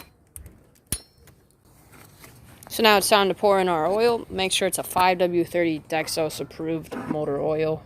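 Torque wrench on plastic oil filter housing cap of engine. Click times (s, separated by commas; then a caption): 0.9 s. On a 2011 GMC Terrain, a click-type torque wrench set to 25 Nm (15 ft-lb) tightens the plastic oil filter housing cap on the engine. It gives a sharp click at 0.9 s as it reaches torque, after a few lighter taps. Someone then talks.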